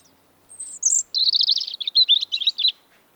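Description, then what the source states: European robin song starting with a very high, thin drawn-out whistle, then cascading into a rapid stream of sweet warbles and trills drifting lower. Autumn song of the robin, which resumes singing in autumn as northern migrants arrive.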